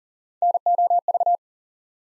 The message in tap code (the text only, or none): none